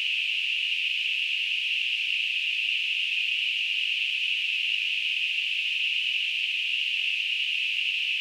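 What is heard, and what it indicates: A steady, unbroken high-pitched hiss, a band of noise centred around 2.5–3 kHz, simulating tinnitus.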